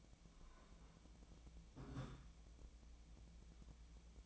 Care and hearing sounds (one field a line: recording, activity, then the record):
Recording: daily activity, microphone in the room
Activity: take from stove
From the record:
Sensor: 1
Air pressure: 1010.0 hPa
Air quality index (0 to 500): 186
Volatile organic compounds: 16 ppm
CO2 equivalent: 2562 ppm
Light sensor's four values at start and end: 37/94/39/48 and 37/96/40/49